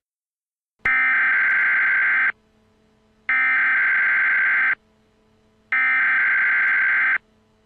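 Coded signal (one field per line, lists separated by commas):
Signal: Emergency Alert System (SAME) tones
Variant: header bursts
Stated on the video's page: Simulated Emergency Alert System dam break warnings for Kentucky, Arkansas and Missouri.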